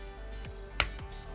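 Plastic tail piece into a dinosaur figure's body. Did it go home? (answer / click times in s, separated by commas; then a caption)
yes / 0.8 s. A plastic tail piece is pushed into the body of a Jurassic World Dominion (2022) toy dinosaur figure over a faint steady hum, with a soft tick at about 0.5 s. A single sharp snap follows at 0.8 s as the tail seats.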